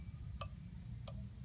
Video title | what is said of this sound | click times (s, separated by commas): Microscopes - part 2 | so you can hear a click that click you get to click it into place | 0.4 s